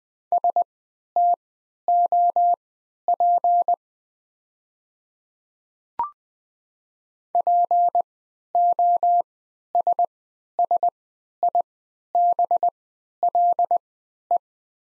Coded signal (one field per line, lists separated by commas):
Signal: Morse code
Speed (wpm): 20 wpm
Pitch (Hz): 700 Hz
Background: none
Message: STOP POSSIBLE